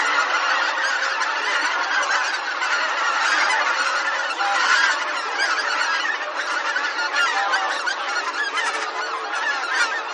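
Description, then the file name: Bean goose: a flock of bean geese honking together, loud overlapping calls throughout. "hisikui"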